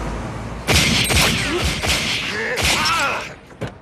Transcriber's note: soundbite of gunfire